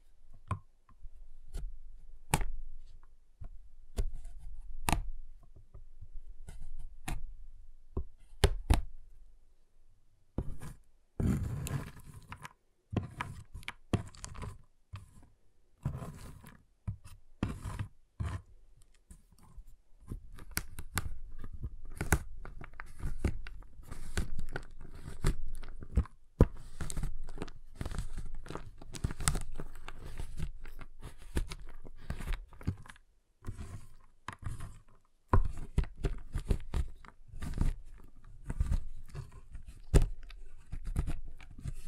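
Giant chocolate bar being tapped, cut and snapped. The first ten seconds hold sparse, sharp clicks and taps with quiet gaps between them. After that come dense, irregular bursts of crunching, cracking and snapping, sometimes clustered in quick runs, through to the end.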